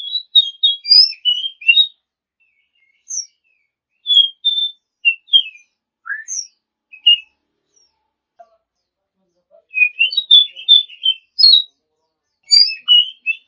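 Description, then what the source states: Oriental magpie-robin song of scattered whistled and chirping notes, with one low downward whistle, then dense bursts of high varied notes near the end. Song of a champion bird.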